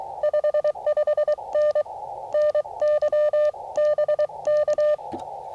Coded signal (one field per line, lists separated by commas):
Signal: Morse code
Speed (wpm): 23 wpm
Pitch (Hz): 590 Hz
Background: none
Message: 55N NY BK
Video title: CW POTA at US-5221 with the AD8HK 9:1 Antenna